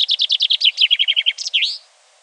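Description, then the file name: Common chaffinch song, the later part of a phrase: rapid repeated chirps dropping in pitch, then a final twisting flourish before silence. "Fringilla coelebs"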